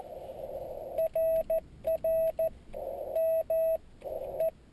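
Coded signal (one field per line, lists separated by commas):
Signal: Morse code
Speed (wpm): 14 wpm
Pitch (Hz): 650 Hz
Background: radio noise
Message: RR ME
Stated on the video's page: Mobile QRP CW contact sent slowly (QRS) by a new operator on a mini palm paddle, Yaesu 817D with YF-122C filter and MFJ1610T antenna.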